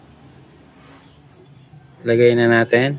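A steel chisel bit is lined up by its groove with the top of the tool holder on a Makita HM1306 demolition hammer before insertion. Only quiet, low handling noise is heard for the first two seconds, then someone talks from about 2.0 seconds to the end. The bit has not seated or clicked into place yet.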